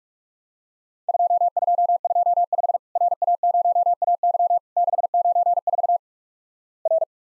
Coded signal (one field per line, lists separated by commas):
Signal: Morse code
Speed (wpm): 46 wpm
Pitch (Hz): 700 Hz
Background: none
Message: 2225 RA0AY 694 R